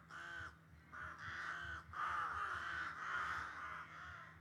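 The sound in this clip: Crow cawing, a run of harsh, nasal caws of about half a second to nearly a second each, repeated in quick succession with brief gaps, over a faint steady low hum.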